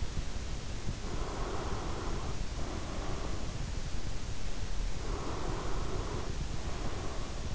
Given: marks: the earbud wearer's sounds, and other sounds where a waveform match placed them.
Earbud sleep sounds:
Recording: sounds in sleep by an in-ear microphone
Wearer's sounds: breath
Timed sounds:
1.09-3.61 s: breath
5.03-7.55 s: breath

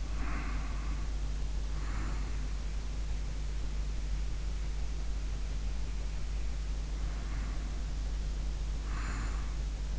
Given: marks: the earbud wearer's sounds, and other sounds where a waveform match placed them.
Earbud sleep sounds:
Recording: sounds in sleep by an in-ear microphone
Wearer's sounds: snoring breath, breath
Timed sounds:
0.00-2.35 s: snoring breath
7.01-9.59 s: breath

